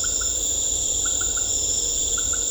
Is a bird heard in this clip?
no